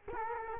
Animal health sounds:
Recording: mosquito wingbeat signal from an infrared sensor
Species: Culex quinquefasciatus

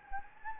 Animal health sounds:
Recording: mosquito wingbeat signal from an infrared sensor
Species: Anopheles gambiae

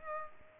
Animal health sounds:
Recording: mosquito wingbeat signal from an infrared sensor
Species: Culex pipiens

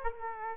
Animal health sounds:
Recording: mosquito wingbeat signal from an infrared sensor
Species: Aedes aegypti

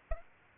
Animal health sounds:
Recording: mosquito wingbeat signal from an infrared sensor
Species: Aedes aegypti

